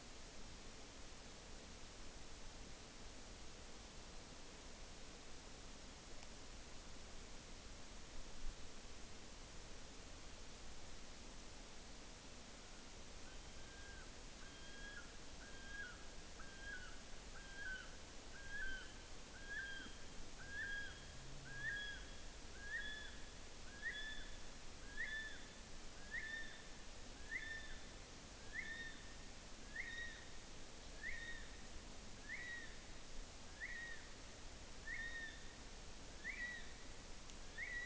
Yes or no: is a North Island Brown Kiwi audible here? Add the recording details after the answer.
yes. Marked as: faintness 2/5. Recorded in New Zealand on 5 June 2013. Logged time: 02:19